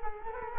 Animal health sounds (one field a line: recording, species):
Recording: mosquito wingbeat signal from an infrared sensor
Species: Culex quinquefasciatus